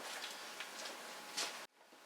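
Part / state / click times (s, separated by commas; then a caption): speaker grille into motorcycle fairing speaker opening / not seated / none. A speaker grille is handled at the speaker opening of an Indian Chieftain/Roadmaster motorcycle fairing after a Polk Audio speaker install, its tab slid into the slot and the grille lined up to be pressed in. Steady broadband rustling and scraping runs through the clip, with a brighter scrape near 1.4 s before the sound cuts off sharply at about 1.7 s to a faint hiss. Nothing has seated or clicked yet.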